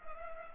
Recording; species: mosquito wingbeat signal from an infrared sensor; Culex pipiens